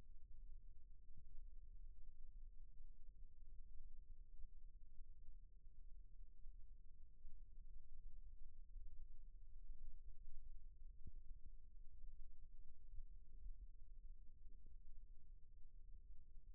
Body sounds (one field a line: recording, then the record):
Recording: forearm muscle sounds (acoustic myography)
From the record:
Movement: rest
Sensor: system 1, eight BSWA MPA416 microphones around the upper forearm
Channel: 6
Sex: female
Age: 21 years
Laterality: right